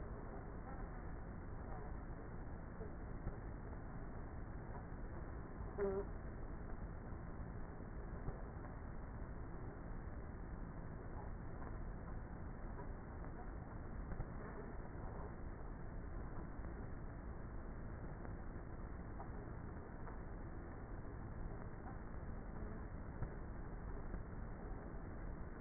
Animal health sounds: honeybee colony, microphone inside the hive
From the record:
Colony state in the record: queenless with a low population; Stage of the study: before two queens were removed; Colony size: about 30,000 bees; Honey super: no

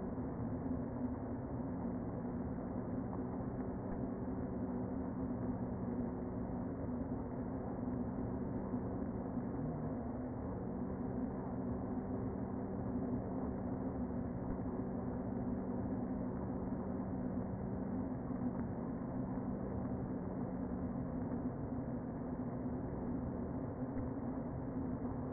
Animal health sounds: honeybee colony, microphone inside the hive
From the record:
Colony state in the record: queen present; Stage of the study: before two queens were removed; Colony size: about 60,000 bees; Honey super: yes

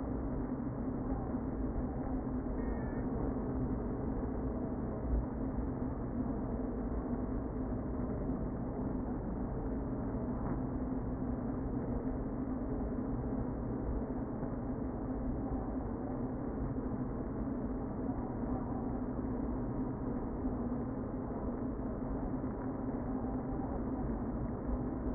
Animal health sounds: honeybee colony, microphone inside the hive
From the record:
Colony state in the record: queen present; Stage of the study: before two queens were removed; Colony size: about 60,000 bees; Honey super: yes

